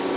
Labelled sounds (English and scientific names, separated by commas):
Black-throated Green Warbler (Setophaga virens) flight call